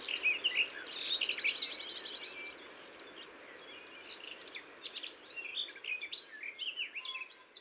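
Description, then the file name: Garden warbler song, a dry, even trill early on followed by a rambling stream of quick, varied warbled notes. "Fauvette des jardins ABC des chants doiseaux"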